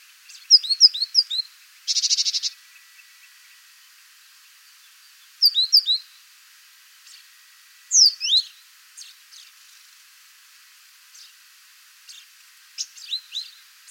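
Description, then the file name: Great tit calls: clusters of sharp, high chirping notes with a short harsh buzzy burst early on, then scattered chirp groups separated by brief silent gaps. "Parus major"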